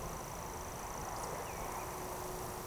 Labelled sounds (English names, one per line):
Eurasian Woodcock